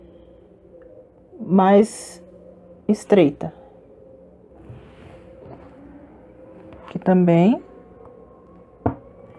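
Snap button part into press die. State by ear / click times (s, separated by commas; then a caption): seated / 8.9 s. A snap button part with the narrower middle ring is placed into the matching die on the press while someone talks. It seats with a sharp click at 8.9 s and fits exactly.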